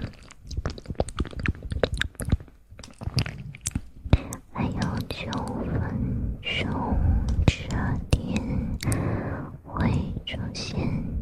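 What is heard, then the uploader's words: Close breathing and soft blowing into the ear, with wet mouth clicks and crackles throughout and a few sharp pops near four seconds. ASMR Ear Blowing & Breathing.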